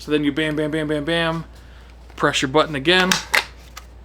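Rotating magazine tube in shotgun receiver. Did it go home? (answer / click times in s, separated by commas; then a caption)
yes / 3.8 s. Someone talks while a shotgun's selector button is pressed again and its rotating magazine tube is turned in the receiver. A short, sharp click at 3.8 seconds marks the tube locking into its next position, seated for another five rounds.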